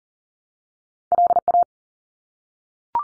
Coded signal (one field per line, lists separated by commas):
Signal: Morse code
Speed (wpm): 40 wpm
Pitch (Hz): 700 Hz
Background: none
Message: LA